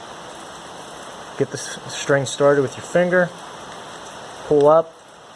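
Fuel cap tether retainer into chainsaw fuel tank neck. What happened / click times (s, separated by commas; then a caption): Handled, not yet home: no seating click is heard / none. Someone talks while starting the tether line of a new Hipa fuel cap with a finger and pulling it up through the plastic channel of a Stihl MS250 chainsaw's fuel tank opening, against a steady background hiss. The retaining ball has not yet snapped into the tank neck, and nothing has clicked or seated by the end of the clip.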